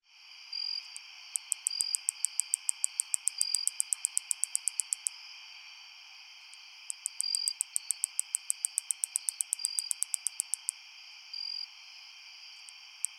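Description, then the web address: Greater angle-winged katydid ticking song: bursts of sharp, dry clicks separated by pauses, over a steady high drone. "Crickets and Katydids. Greater Anglewinged Katydid, Microcentrum rhombifolium"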